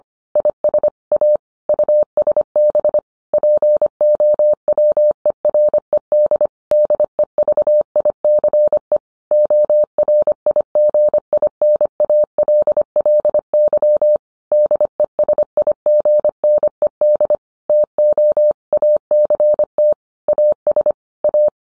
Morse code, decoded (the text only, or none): IS A USB POWERED DEVICE ORIGINALLY DESIGNED TO ACT AS A